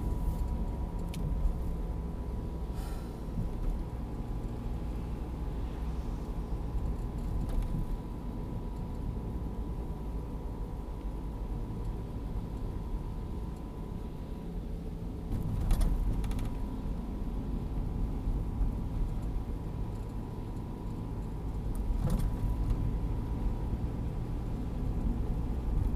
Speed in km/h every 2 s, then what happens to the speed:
45, 42, 43, 42, 40, 39, 37, 36, 38, 39, 39, 42, 44.
0-13 slows to 36. 13-26 speeds up to 44.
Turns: none.